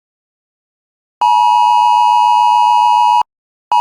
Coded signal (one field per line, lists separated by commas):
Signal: Emergency Alert System (SAME) tones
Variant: 853 and 960 Hz attention tone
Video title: 2023 National Periodic EAS Test - October 4th, 2023, EAS 95-98